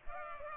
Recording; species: mosquito wingbeat signal from an infrared sensor; Culex pipiens